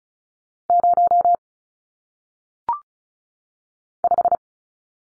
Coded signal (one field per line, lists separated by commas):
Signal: Morse code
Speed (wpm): 36 wpm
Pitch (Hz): 700 Hz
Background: none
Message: 0 5